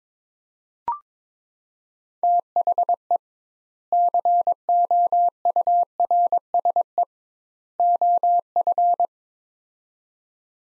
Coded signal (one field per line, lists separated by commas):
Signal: Morse code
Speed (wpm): 21 wpm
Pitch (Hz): 700 Hz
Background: none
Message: THE COURSE OF